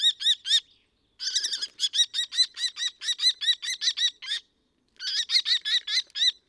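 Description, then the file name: Common kestrel calling a shrill, ringing kee-kee-kee of quick arched notes, delivered in three bursts separated by short pauses. "faucon crecerelle"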